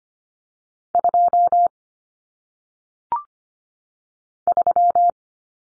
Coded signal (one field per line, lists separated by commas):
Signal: Morse code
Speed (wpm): 25 wpm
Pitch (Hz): 700 Hz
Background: none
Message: 2 3